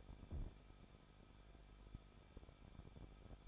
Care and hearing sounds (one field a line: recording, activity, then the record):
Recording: daily activity, microphone in the room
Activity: no activity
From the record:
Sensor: 5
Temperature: 20.8 degrees Celsius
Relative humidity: 38.2%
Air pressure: 1006.4 hPa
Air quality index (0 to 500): 189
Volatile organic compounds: 19 ppm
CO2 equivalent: 2660 ppm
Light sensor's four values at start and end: 2/3/1/1 and 2/3/1/1